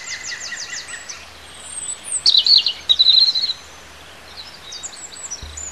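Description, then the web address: Bird song: a quick row of thin high notes, then a bright, rapid twittering phrase, with faint chirps later over a low steady hum. Native bird recorded in a hedgerow in March. "oeko hecke vogel maerz vogel heimisch"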